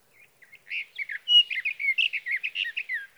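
Sage thrasher song starting softly and building into a continuous, rapid warble of chirpy, slurred notes with no pauses, quiet background.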